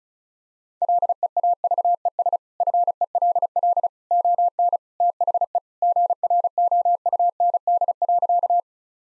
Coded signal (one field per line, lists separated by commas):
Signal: Morse code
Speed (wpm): 36 wpm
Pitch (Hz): 700 Hz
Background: none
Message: LEAVES FELL ON THE GROUND.